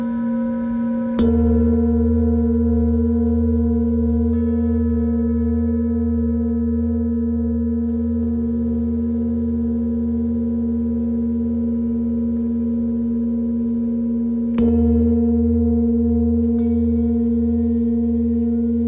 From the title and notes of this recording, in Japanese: メキシコから シンギングボウルのサウンドヒーリング。メキシコのビーチにて満月と新月に大体合わせて地道の方達と集っています。